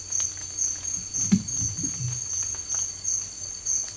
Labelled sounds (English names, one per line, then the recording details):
none
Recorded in dense forest near Puerto Asís, Putumayo, Colombia, on 21 December 2024 at 07:00
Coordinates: 0.467, -76.328
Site GP05